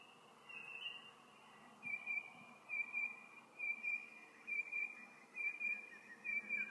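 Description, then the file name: Bird calls: short, clear whistled notes at a high pitch, repeated steadily about once a second, with a faint low background hiss. "Tweets"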